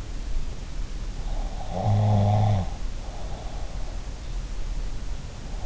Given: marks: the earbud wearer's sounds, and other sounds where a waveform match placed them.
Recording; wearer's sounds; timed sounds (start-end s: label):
sounds in sleep by an in-ear microphone; snoring breath
1.65-3.68 s: snoring breath